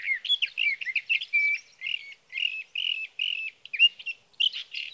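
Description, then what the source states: Sage thrasher song, an unbroken series of short warbled phrases and nasal slurred notes repeated rapidly throughout. Male singing through the night near his night roost, evenings June 12 to mornings June 15, 2018, Sierra Valley, California; Swift recorder.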